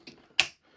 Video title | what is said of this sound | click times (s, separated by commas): SONGMICS Shoe Boxes Assembly Guide - Do They Actually Work? | So we're clicked there, and then I do the same thing. | 0.4 s